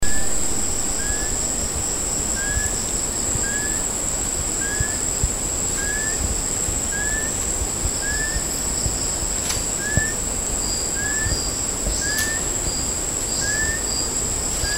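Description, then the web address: Chestnut-collared kingfisher giving a long series of short, rising whistled notes, about one per second, over a steady high insect drone and pulsing high buzzes. Recorded at Sepilok on 5 August 2009. "SEPILOK 20090805. chestnut-collared kingfisher"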